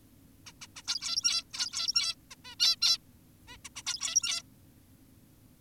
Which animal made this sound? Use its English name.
Zebra Finch